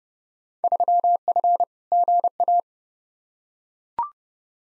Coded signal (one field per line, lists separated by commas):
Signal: Morse code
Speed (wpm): 30 wpm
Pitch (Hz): 700 Hz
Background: none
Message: 3F GA